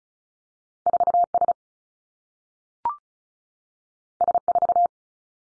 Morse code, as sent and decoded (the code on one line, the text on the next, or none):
....- / ... / ... / ....-
4 S S 4